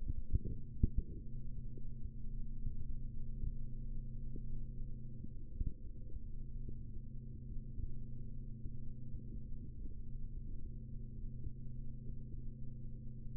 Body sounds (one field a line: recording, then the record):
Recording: forearm muscle sounds (acoustic myography)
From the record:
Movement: rest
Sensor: system 3, bracelet of six PUI Audio POM-2738L microphones around the upper forearm, with dedicated amplification and filtering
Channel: 6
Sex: male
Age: 25 years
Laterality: right